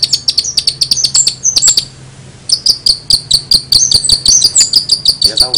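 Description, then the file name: Long-tailed shrike giving quick high chirps and thin slurred whistles, falling silent briefly, then returning with steady ringing notes. Recording labelled cililinan. "cendet cililinan"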